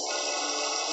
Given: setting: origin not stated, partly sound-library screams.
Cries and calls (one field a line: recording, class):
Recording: one-second piece from a danger detection set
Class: woman in danger